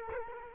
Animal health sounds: mosquito wingbeat signal from an infrared sensor; Culex quinquefasciatus

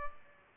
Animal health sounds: mosquito wingbeat signal from an infrared sensor; Culex pipiens

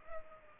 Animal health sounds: mosquito wingbeat signal from an infrared sensor; Culex pipiens

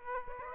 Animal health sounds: mosquito wingbeat signal from an infrared sensor; Aedes aegypti

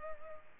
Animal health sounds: mosquito wingbeat signal from an infrared sensor; Culex pipiens

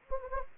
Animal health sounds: mosquito wingbeat signal from an infrared sensor; Anopheles gambiae

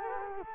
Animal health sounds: mosquito wingbeat signal from an infrared sensor; Culex quinquefasciatus

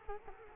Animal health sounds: mosquito wingbeat signal from an infrared sensor; Culex quinquefasciatus

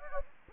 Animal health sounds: mosquito wingbeat signal from an infrared sensor; Anopheles gambiae

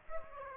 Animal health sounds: mosquito wingbeat signal from an infrared sensor; Aedes aegypti

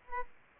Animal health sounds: mosquito wingbeat signal from an infrared sensor; Aedes aegypti

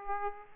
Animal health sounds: mosquito wingbeat signal from an infrared sensor; Aedes aegypti

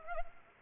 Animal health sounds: mosquito wingbeat signal from an infrared sensor; Culex pipiens

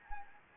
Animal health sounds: mosquito wingbeat signal from an infrared sensor; Anopheles arabiensis

